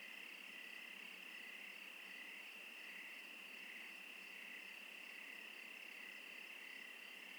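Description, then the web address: Crickets in a dense, even chorus; a bright continuous trill with a pulsing lower tone throughout. Crickets in the Oregon wilderness, USA. "Sonniss com - GDC 2018-Game Audio Bundle Discover Oregon - Wilderness Crickets Crickets - Crickets Interlude"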